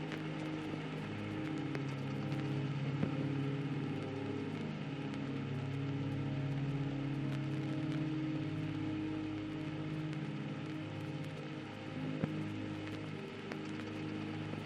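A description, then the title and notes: Soft ambient music plays under steady vinyl static, its low sustained tones drifting and overlapping without a clear beat. A fine hiss runs throughout, with occasional sharp crackles and pops, a few near the three, eight and twelve second marks, at an even level. Calming Music with Vinyl Static Sounds. A vinyl static white noise with light ambient music underneath.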